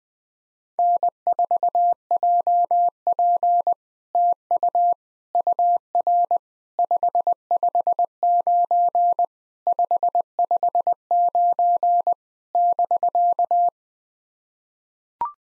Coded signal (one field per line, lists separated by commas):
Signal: Morse code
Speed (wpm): 20 wpm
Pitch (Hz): 700 Hz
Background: none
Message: N4JP TU UR 559 559 <BK>